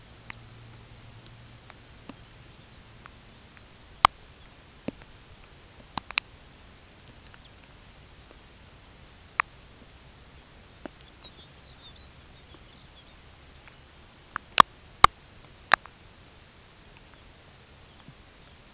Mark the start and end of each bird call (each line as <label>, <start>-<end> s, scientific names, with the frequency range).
Calcarius lapponicus (3.0-4.7 kHz), 0.21-0.43 s
Calcarius lapponicus (2.6-5.4 kHz), 2.06-3.15 s
Calcarius lapponicus (3.0-4.0 kHz), 4.30-4.53 s
Calcarius lapponicus (2.5-4.5 kHz), 7.37-7.55 s
Calcarius lapponicus (2.7-5.8 kHz), 10.97-13.93 s
Calcarius lapponicus (3.2-3.8 kHz), 17.05-17.23 s
Calcarius lapponicus (2.9-4.2 kHz), 17.80-18.59 s